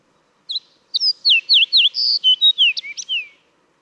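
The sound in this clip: Fox sparrow song: one sweet, varied phrase of clear downslurred whistles, about three seconds long.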